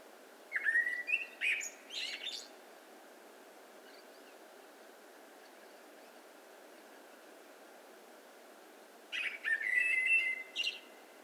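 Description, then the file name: Common blackbird song, one phrase near the start and another near the end, each a rich, fluty whistle that breaks into a squeaky, chattering ending. "Turdus merula"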